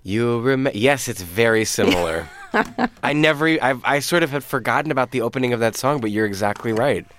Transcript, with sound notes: You'll remember - yes, it's very similar. (Laughter) I never even - I sort of had forgotten about the opening of that song, but you're exactly right.